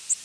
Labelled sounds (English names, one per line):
Worm-eating Warbler flight call